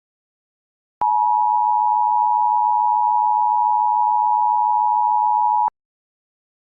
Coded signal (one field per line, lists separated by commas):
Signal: Emergency Alert System (SAME) tones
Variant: 853 and 960 Hz attention tone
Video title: Morristown Mentioned?!?!? Tornado Warning - EAS Mock